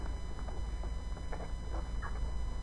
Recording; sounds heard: poultry house recording; background noise or bird activity such as feeding and pecking